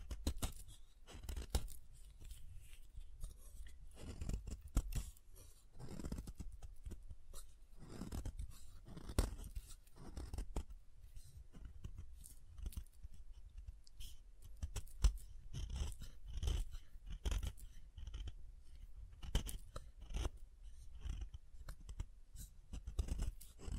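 Soap being tapped and carved, with a steady run of short scraping and crunching cuts repeating about every second. Each stroke has a low thud with a bright, papery edge, and a few sharper clicks stand out, one near fifteen seconds.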